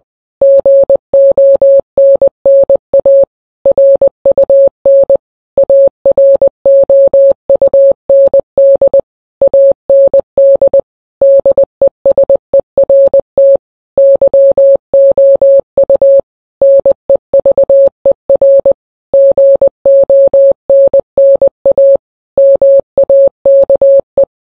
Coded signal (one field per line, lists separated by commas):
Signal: Morse code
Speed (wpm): 20 wpm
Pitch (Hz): 550 Hz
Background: none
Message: GONNA RUN AROUND AND DESERT YOU NEVER GONNA MAKE